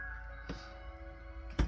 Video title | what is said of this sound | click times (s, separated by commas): Lego Super Mario ? Block Part 4! | these parts clicked into place. | 1.6 s